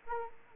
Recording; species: mosquito wingbeat signal from an infrared sensor; Anopheles arabiensis